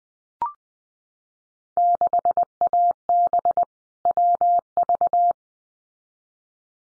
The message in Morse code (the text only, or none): 6AB WV